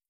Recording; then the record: hydrophone in a shrimp aquaculture tank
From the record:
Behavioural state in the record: starved